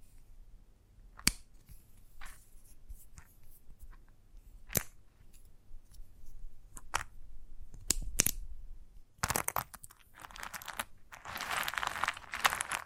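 Chalk tapping and scratching: sharp isolated taps land near 1, 5, 7, 8 and 9 seconds over a quiet low rumble. From about 11 seconds a dense, bright, gritty scraping takes over, like chalk being carved or dragged hard, continuing to the end.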